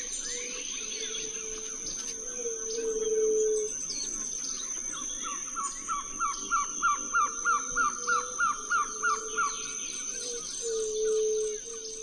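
Violaceous trogon calling: an even series of a dozen or so short, hollow notes, with other birds' slurred whistles and a continuous high buzz behind.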